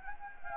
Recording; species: mosquito wingbeat signal from an infrared sensor; Anopheles gambiae